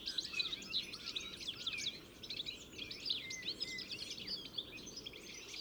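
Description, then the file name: European goldfinch chatter: dense, bubbling high twitters and short slurred whistles, apparently from several birds, briefly thinning midway before resuming. "Carduelis carduelis"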